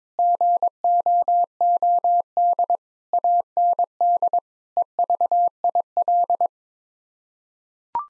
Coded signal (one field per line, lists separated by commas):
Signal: Morse code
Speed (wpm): 22 wpm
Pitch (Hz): 700 Hz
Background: none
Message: GOOD AND EVIL